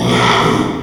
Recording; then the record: squeal of a Yucatan mini pig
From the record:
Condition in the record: after surgery on the right vocal fold (resection and tissue-engineered implant); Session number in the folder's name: 1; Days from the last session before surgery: 6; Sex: male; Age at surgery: 12 weeks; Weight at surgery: 13 kg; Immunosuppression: cyclosporine, prednisolone